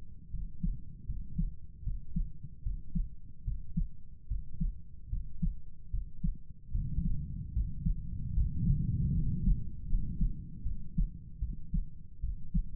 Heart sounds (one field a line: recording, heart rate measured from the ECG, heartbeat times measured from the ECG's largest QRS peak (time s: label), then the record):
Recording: heart sounds by stethoscope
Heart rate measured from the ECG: 76 bpm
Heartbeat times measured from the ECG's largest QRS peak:
0.30 s: heartbeat
1.06 s: heartbeat
1.83 s: heartbeat
2.63 s: heartbeat
3.44 s: heartbeat
4.28 s: heartbeat
5.09 s: heartbeat
5.90 s: heartbeat
6.71 s: heartbeat
7.53 s: heartbeat
8.33 s: heartbeat
9.12 s: heartbeat
9.87 s: heartbeat
10.63 s: heartbeat
11.40 s: heartbeat
12.21 s: heartbeat
From the record:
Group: healthy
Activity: breath hold 0-7 s, rest 7-13 s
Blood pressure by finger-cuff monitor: 108/67 mmHg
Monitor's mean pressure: 79 mmHg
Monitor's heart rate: 74 bpm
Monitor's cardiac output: 7.1 L/min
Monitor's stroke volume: 92 mL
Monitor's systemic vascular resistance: 800 dyn s/cm5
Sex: male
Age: 35 years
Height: 180 cm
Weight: 86.9 kg